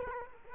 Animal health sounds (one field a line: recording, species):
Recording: mosquito wingbeat signal from an infrared sensor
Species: Culex quinquefasciatus